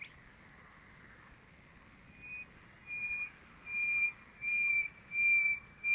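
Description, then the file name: Common nightingale phrase of pure, sustained whistled notes repeated in a series, each louder than the last, over a steady hiss. "Luscinia megarhynchos"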